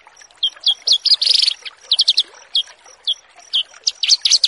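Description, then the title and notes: Horsfield's bush lark song of quick, sharp whistled notes and a short buzzy burst, delivered in uneven clusters, with a thin steady whine behind. Masteran, a bird-keeping song tutoring recording. "Branjangan VS BURGER Masteran. burung BRANJANGAN"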